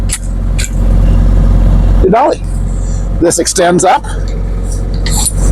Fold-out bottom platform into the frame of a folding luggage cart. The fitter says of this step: and then just push hard on the bottom till it snaps into place and you've got your